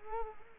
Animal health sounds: mosquito wingbeat signal from an infrared sensor; Culex quinquefasciatus

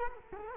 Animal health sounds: mosquito wingbeat signal from an infrared sensor; Culex quinquefasciatus

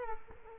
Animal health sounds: mosquito wingbeat signal from an infrared sensor; Culex quinquefasciatus

